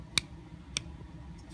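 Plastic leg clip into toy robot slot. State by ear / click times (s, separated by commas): seated / 0.2 s, 0.8 s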